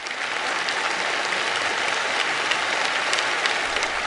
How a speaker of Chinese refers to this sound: 北京人民大会堂的掌声不断，梁家河村党支部会议室同样回响着热烈的掌声。